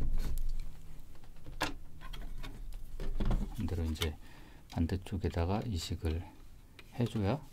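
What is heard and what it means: A plastic snap part taken from an old DVD-ROM type drive is handled while being fitted onto the replacement pickup/tray mechanism of a CD player; because it is a plastic snap structure, some force is fine. Someone talks over light tapping and handling noises. Nothing has seated or clicked yet.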